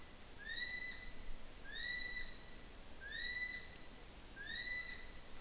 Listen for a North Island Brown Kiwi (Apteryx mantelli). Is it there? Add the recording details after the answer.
yes. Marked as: faintness 1/5. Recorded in New Zealand on 5 June 2013. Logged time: 02:19